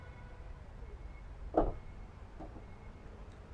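A door or tailgate on a 2026 Montero Black Series SUV swings closed over a low, steady background rumble, and its latch catches the striker on the SUV body with a sharp, solid thud at 1.6 s. A faint, softer knock follows around 2.4 s, and the door or tailgate is latched shut.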